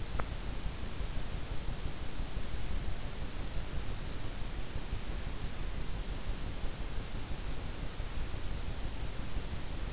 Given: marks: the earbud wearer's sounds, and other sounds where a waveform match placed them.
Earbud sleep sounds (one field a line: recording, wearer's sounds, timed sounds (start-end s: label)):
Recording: sounds in sleep by an in-ear microphone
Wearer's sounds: teeth grinding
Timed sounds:
0.00-0.33 s: teeth grinding